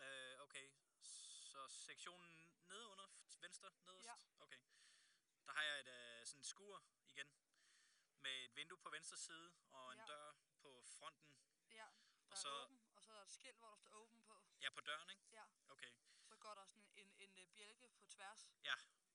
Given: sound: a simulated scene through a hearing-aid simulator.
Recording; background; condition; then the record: conversation; quiet; 65 dB SPL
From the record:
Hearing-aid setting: standard clinical setting (NAL); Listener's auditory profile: D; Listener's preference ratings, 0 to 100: 61, 68, 79